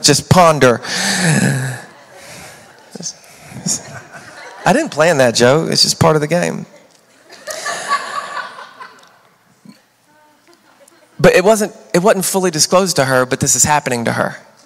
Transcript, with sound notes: Just ponder. I didn't plan that, Joe. It's just part of the game. [laughter] But it wasn't it wasn't fully disclosed to her, but this is happening to her.